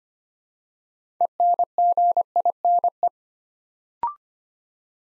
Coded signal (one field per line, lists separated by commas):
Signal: Morse code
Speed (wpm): 25 wpm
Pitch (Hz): 700 Hz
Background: none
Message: ENGINE